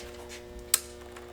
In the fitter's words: just like that you'll get that audible click and that means